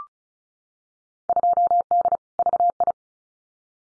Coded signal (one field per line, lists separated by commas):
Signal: Morse code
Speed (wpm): 34 wpm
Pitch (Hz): 700 Hz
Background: none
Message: 2D VI